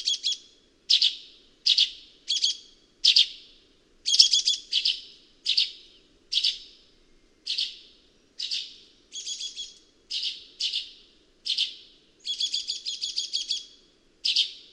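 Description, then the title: Sultan tit calls: short, high, sharp chirps, some single and some in quick stuttered clusters, repeated steadily under a faint hum. "Sultan Tit (Melanochlora sultanea)"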